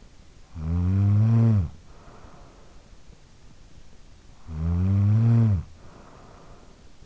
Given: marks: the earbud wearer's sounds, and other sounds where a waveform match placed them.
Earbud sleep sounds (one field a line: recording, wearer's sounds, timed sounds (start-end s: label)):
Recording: sounds in sleep by an in-ear microphone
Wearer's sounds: snoring breath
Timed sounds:
0.06-2.95 s: snoring breath
4.01-7.05 s: snoring breath